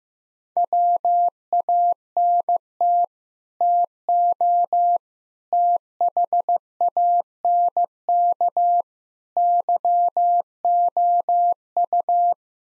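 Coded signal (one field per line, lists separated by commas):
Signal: Morse code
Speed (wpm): 15 wpm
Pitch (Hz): 700 Hz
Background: none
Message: WANT TO THANK YOU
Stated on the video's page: Sets of nine common English words sent at 15 wpm as a head-copy drill; each set is sent, spoken, then sent again.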